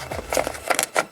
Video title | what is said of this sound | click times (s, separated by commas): BMW E46 Outside Temp Sensor Replacement (-40° Fix!) | and just pull until it clicks there. Okay, like that. It's stuck there now. | 0.8 s